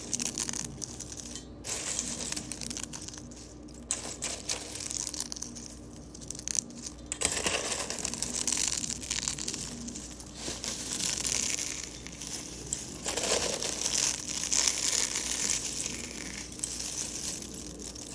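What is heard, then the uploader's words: Eggshells are crushed and crunched, a dense stream of crisp, bright crackles that rarely pauses. The crunching swells and thins in waves, heavier around seven seconds and again near thirteen, with a faint steady hum underneath. Relaxing sounds of crunching eggshells for 5 minutes. Crushing Eggshells.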